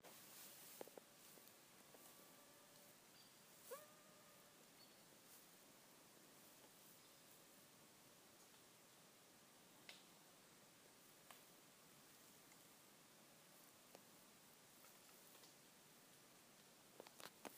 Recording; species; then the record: mosquito flight sound by mobile phone; Aedes sierrensis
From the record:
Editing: field recording with all noises